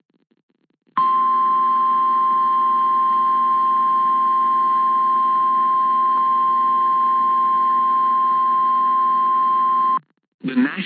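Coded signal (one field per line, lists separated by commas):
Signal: Emergency Alert System (SAME) tones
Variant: 1050 Hz attention tone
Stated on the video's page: Severe thunderstorm warning issued by the National Weather Service, aired on NOAA Weather Radio.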